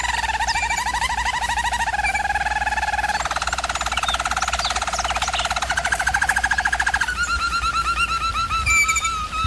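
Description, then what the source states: German Roller canary song of continuous low rolling trills, shifting between several pitched tours, over a steady low hum. German Roller canary singing, used for training canaries.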